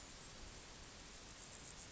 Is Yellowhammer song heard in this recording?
no